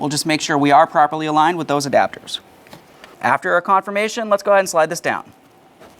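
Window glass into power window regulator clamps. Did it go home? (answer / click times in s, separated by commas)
no / none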